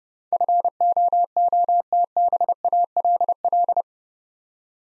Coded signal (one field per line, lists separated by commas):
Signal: Morse code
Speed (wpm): 28 wpm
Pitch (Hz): 700 Hz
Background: none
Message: FOOTBALL